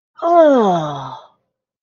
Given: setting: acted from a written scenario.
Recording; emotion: vocal sound without words; disgust